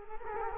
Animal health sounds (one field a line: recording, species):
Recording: mosquito wingbeat signal from an infrared sensor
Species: Culex quinquefasciatus